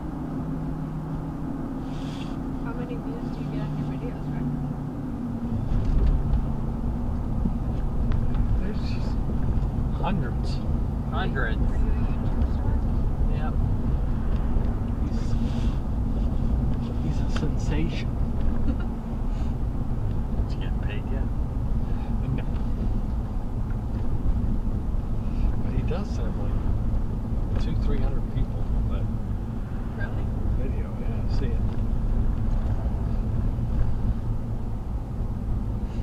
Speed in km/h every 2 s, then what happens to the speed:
58, 55, 52, 48, 48, 50, 50, 50, 48, 48, 47, 45, 42, 40, 42, 42, 42, 42.
0-6 slows to 48. 6-14 steady at about 50. 14-25 slows to 40. 25-36 steady at about 42.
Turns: none.